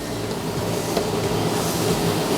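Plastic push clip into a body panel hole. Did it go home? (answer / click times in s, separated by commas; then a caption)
no / none. A reset plastic push-type trim clip, with its centerpiece popped up, is lined up in its hole in a body panel during a Venture bumper installation on a 5th-gen 4Runner, before being pushed down to snap. Only a steady, broadband rumble and hiss is heard, growing slightly louder, with no distinct impacts. Nothing has clicked or seated yet.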